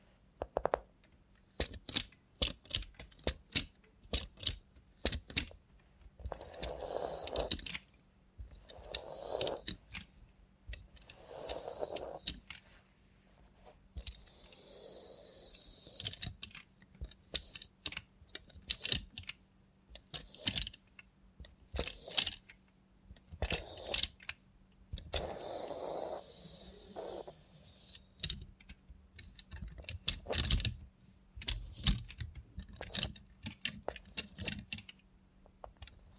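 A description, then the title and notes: A robot hand makes busy, irregular clicking and tapping, like keys being pressed, in quick clusters throughout. Longer soft hissing swells rise around 7, 15 and 26 seconds between the taps, and a faint steady low hum runs underneath. Try ASMR with a Robot Hand (No Talking).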